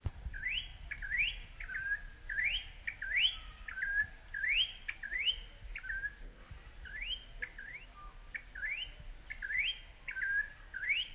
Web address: sound Campo-Troupial. صدای-پرنده-پری-نارنجی-کامپو